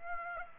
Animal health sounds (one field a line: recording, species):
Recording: mosquito wingbeat signal from an infrared sensor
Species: Aedes aegypti